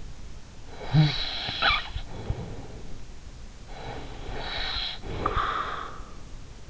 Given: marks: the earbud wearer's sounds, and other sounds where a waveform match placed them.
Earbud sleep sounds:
sounds in sleep by an in-ear microphone; snoring breath
0.67-3.01 s: snoring breath
3.63-6.31 s: snoring breath

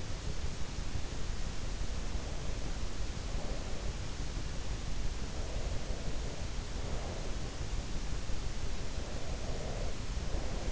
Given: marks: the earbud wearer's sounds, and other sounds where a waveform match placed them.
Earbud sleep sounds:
sounds in sleep by an in-ear microphone; breath
1.92-4.08 s: breath
5.14-7.57 s: breath
8.91-10.72 s: breath

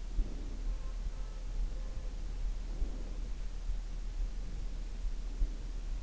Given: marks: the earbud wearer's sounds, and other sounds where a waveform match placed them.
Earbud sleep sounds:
sounds in sleep by an in-ear microphone; breath
0.00-1.10 s: breath
2.28-3.43 s: breath
4.23-5.91 s: breath

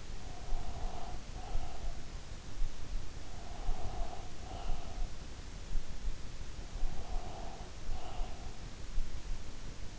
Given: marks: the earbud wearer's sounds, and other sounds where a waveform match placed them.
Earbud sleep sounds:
sounds in sleep by an in-ear microphone; breath
0.00-2.17 s: breath
3.36-5.10 s: breath
6.64-8.68 s: breath

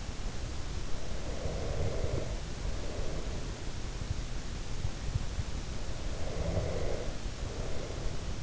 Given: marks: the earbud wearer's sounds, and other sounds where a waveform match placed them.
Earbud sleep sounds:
sounds in sleep by an in-ear microphone; breath
0.91-3.77 s: breath
6.09-8.42 s: breath

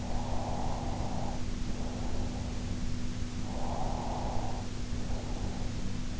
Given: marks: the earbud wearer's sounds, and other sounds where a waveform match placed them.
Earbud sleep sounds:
sounds in sleep by an in-ear microphone; breath
0.00-2.55 s: breath
3.39-5.93 s: breath

